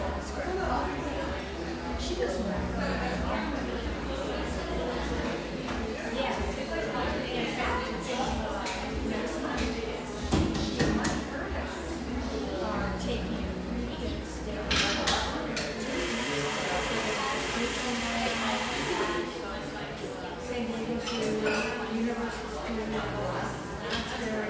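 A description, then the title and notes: A neighborhood espresso shop in Portland, Oregon, filled with a steady murmur of overlapping conversation over a low constant hum. Clinks and clatters of cups punctuate the chatter, and around fifteen to nineteen seconds a hissing burst, like a milk steamer, rises. The gentle hum of a wonderful neighborhood espresso shop, tucked away in a corner of the iconic coffee town of Portland, Oregon.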